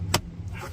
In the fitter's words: this pin right there in the hole and here the click